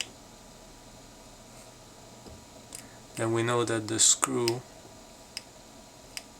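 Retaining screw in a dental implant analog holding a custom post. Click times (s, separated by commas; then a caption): 0.0 s, 2.8 s. A retaining screw in a dental implant analog, holding a custom implant post on a dental model, is backed out, giving small clicks at 0.0 s and 2.8 s that show the screw has completely disengaged, so the posts can then be rocked out. Someone talks from about 3.2 to 4.6 s, and further short ticks follow at 5.4 s and 6.2 s.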